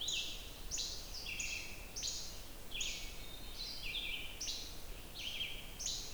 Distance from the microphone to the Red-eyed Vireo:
about 35 m